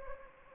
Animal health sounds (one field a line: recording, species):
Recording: mosquito wingbeat signal from an infrared sensor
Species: Anopheles gambiae